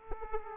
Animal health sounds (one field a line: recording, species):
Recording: mosquito wingbeat signal from an infrared sensor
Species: Aedes aegypti